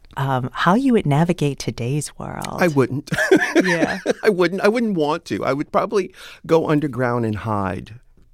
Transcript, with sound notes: how you would navigate today's world?
I wouldn't (laughter).
Yeah.
I wouldn't. I wouldn't want to. I would probably go underground and hide.